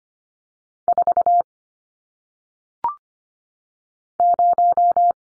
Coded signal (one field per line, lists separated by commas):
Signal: Morse code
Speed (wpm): 25 wpm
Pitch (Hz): 700 Hz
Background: none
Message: 4 0